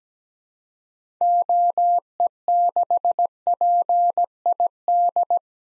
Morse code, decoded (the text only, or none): OE6PID